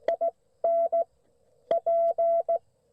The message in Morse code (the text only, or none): IN P